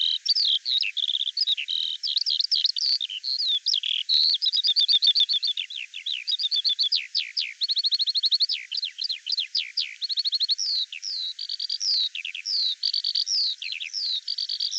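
Bird song, a fast, varied run of high chirps, trills and short rising and falling whistles, with brief pauses between quick phrases.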